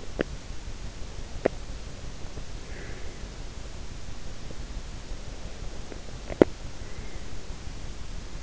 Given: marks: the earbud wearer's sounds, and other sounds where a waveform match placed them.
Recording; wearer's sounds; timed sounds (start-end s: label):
sounds in sleep by an in-ear microphone; teeth grinding, breath
0.02-0.44 s: teeth grinding
1.26-1.65 s: teeth grinding
2.59-3.31 s: breath
6.10-6.64 s: teeth grinding